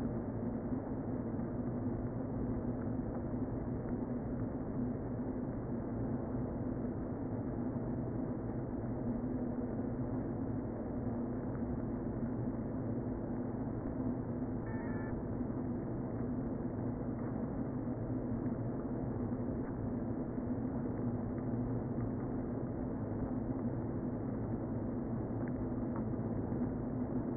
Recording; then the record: honeybee colony, microphone inside the hive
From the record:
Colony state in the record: queen present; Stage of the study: before two queens were removed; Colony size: about 60,000 bees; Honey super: yes